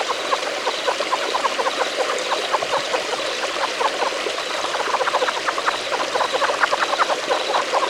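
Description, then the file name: Relict leopard frog chorus of quick clicking pulses over steady running water and a faint high rhythmic buzz. "Rana onca"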